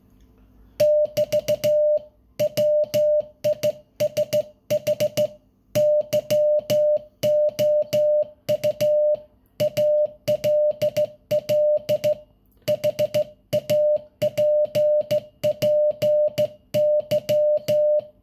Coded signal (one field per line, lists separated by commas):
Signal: Morse code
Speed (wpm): 14 wpm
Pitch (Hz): 600 Hz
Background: music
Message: <BT> WISH YOU ALL HAPPY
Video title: Passover & Easter wishes in morse code